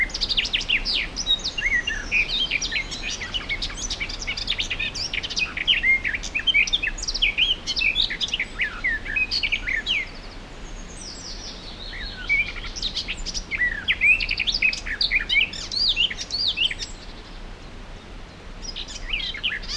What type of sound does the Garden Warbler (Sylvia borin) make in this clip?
song